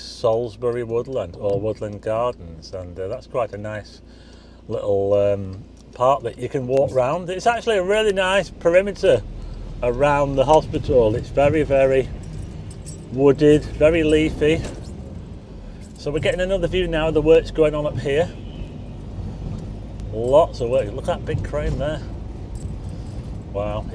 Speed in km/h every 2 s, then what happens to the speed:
0, 0, 0, 0, 2, 10, 16, 23, 26, 29, 32, 35.
0-9 standing. 9-24 pulls away to 35.